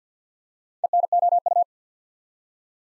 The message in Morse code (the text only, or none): ENOU